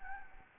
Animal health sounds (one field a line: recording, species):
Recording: mosquito wingbeat signal from an infrared sensor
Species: Anopheles gambiae